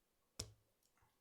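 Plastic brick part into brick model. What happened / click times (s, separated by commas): The plastic brick part snapped into place / 0.4 s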